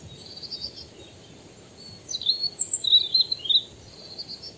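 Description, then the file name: European robin singing a thin, high warbled phrase with rapid slurred notes and a brief very high squeak, over steady background hiss. "Erithacus rubecula"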